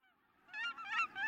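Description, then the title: Aleutian Cackling Goose giving short, high, nasal honks, three quick yelping notes in a brief burst. Subspecies Aleutian Cackling Goose; nests on a chain of islands off the western coast of Alaska. "Migrations: The Triumphant Comeback of the Aleutian Cackling Goose"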